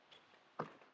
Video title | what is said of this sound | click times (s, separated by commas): Civilized Cycles Semi Trike (Preproduction Test Ride in Detroit!) | oh yeah snaps right in that snaps in | 0.6 s